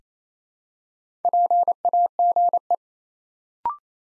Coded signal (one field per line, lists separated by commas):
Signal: Morse code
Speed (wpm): 27 wpm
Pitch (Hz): 700 Hz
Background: none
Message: PAGE